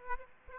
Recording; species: mosquito wingbeat signal from an infrared sensor; Aedes aegypti